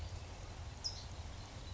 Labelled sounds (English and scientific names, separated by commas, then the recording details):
California Towhee (Melozone crissalis)
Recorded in Sonoma County, California